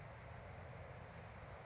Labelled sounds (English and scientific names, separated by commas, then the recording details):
Bewick's Wren (Thryomanes bewickii)
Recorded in Sonoma County, California